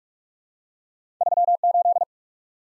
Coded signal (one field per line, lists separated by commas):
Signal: Morse code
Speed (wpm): 46 wpm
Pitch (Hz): 700 Hz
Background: none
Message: 38